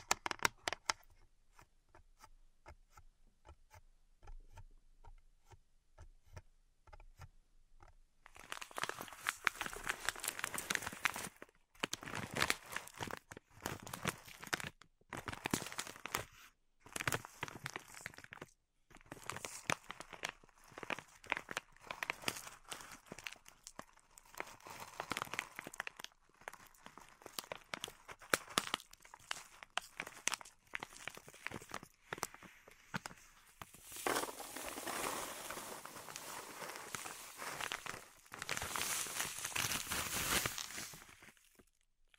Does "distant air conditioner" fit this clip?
no